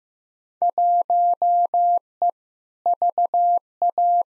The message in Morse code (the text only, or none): 1E VA